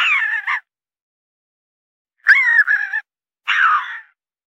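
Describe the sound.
Raccoon squealing calls: three short, harsh, harmonic bursts with wavering pitch, separated by silent gaps of about half a second to one and a half seconds.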